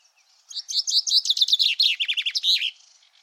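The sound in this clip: Common chaffinch song: a quick series of bright, sharp notes that tumbles downward in pitch, about two seconds long.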